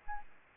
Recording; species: mosquito wingbeat signal from an infrared sensor; Aedes albopictus